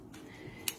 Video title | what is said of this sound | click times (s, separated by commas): 2 More Cards from The Stampin' Event 6-29-25 | and then you want also with the Blends you want to make sure you hear that snap | 0.7 s